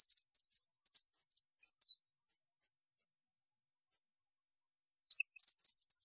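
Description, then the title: European goldfinch twittering song: a high tinkling phrase, about three seconds of silence, then another twittering burst begins. "Chant Chardonneret"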